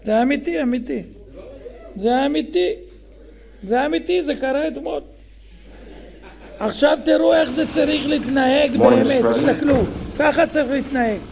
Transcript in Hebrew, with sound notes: זה אמיתי,אמיתי זה אמיתי זה אמיתי זה קרה אתמול (צחוק בקהל) עכשיו תראו איך זה צריך להתנהג באמת, תסתכלו ככה צריך להתנהג...